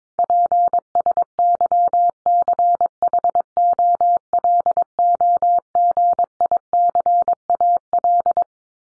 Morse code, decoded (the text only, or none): PSYCHOLOGICAL